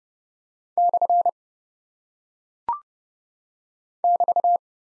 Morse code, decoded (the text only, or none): / <BT>